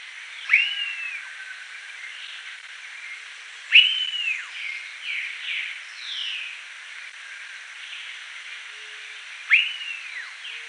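Bird calling with a few loud whistled notes that rise sharply then slide downward, with softer slurred and buzzy notes in between.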